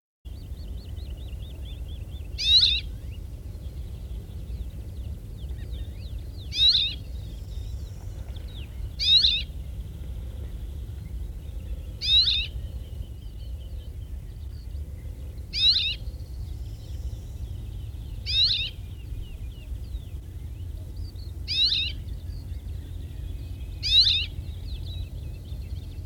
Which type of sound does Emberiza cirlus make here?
call